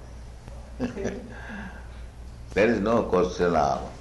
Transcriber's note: Prabhupāda laughs